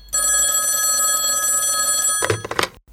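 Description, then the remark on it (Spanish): A telephone rings with one steady, bright, buzzing ring lasting about two seconds, then cuts off into a few short clattering knocks. No one speaks. “¡Up! El teléfono, a ver quién es.”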